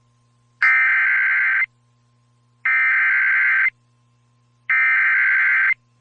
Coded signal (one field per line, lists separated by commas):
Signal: Emergency Alert System (SAME) tones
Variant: header bursts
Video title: US Emergency Alert Systems 2026 (part 9)